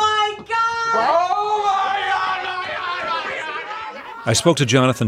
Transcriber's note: soundbite of shouting